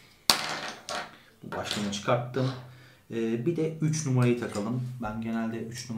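A comb/head attachment is pushed back onto a Remington MB7000 beard trimmer, making a sharp plastic click at 0.3 s as it seats in place. Someone talks for the rest of the clip.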